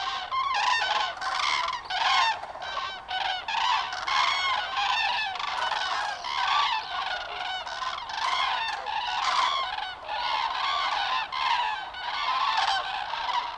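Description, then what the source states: Common cranes calling in a large flock, loud overlapping trumpeting and rolling calls repeated without pause, with higher squeaky notes mixed in throughout. Juvenile and adult cranes, Linum, 20 October 2019.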